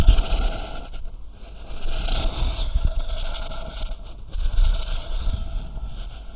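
Terrible snoring from an adult: deep, low rumbling noise rises and falls in long swells, with brief quieter pauses around 1.5 and 4.2 seconds, about two to three breaths. The coarse, rattling quality fits heavy snoring.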